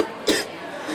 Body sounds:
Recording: coughing mixed with background sound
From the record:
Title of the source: 55 gaggy wet cough

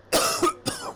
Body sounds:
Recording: coughing mixed with background sound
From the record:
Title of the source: Coughing 79

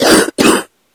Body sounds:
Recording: coughing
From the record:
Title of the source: 60 coughing still (deep and wet cough)

